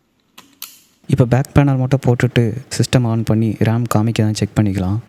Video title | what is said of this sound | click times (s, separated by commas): அம்மா laptop upgrade & fix Tamil 👀#selfrepair | insert பண்ணி இந்த மாதிரி அழுத்தினோம்னா அது ஆட்டோமேட்டிக்காக லாக் ஆகிடும். | 0.4 s, 0.6 s